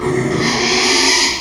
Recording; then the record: squeal of a Yucatan mini pig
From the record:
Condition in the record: after surgery on the right vocal fold (resection and tissue-engineered implant); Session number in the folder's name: 2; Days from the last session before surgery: 13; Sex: male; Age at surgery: 12 weeks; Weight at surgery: 13 kg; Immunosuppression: cyclosporine, prednisolone